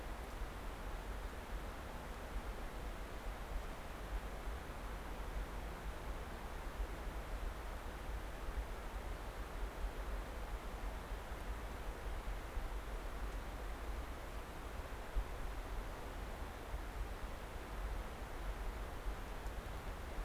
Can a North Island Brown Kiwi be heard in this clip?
no